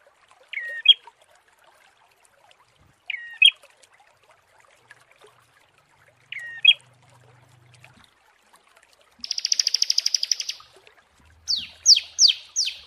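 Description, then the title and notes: Prinia gives three short twisting notes spaced a few seconds apart, then a loud buzzy rattle of over a second, then several descending sharp notes. Long-duration masteran therapy recording. "Masteran Terapi Prenjak. Burung Prenjak"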